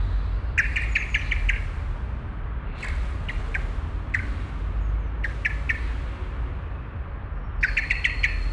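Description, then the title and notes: Common Blackbird giving repeated bursts of hard chirps, some short clusters and some longer runs, with continuous traffic rumble beneath. Blackbird coming out of a bush and chirping constantly beside the Auferstehungskirche, Südostviertel, Essen, Germany; passing street traffic. "Südostviertel, Essen, Deutschland - essen, blackbird, traffic and bells. An der Auferstehungskirche. Eine Amsel kommt aus dem Gebüsch und schirpt. Verkehr passiert die Strasse. Die Stundenglocke der Kirche. At The Auferstehungs Church. A blackbirb coming out of a bush chirps constantly. Projekt - Stadtklang//: Hörorte"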